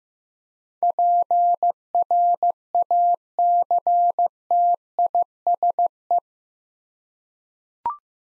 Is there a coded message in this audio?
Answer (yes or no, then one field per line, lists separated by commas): yes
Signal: Morse code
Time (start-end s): 0.8-6.2 s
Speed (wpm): 15 wpm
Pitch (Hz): 700 Hz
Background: none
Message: PRACTISE